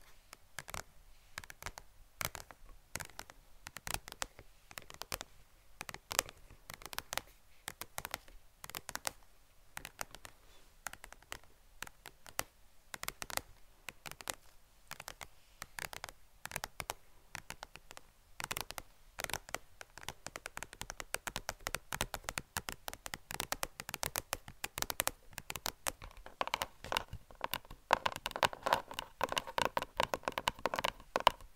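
Fingertip tapping runs through the whole stretch as quick, crisp clicks in an uneven, fluttering rhythm. The taps grow denser and busier after about twenty seconds, and near the end they turn louder and fuller, almost a continuous patter.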